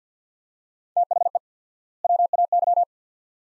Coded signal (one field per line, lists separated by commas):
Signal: Morse code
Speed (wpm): 50 wpm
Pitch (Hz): 700 Hz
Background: none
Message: THE WAY